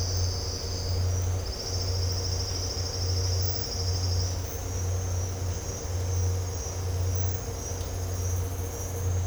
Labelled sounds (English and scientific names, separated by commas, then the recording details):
none
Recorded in dense forest near Puerto Asís, Putumayo, Colombia, on 9 March 2025 at 08:30
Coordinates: 0.468, -76.322
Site GP01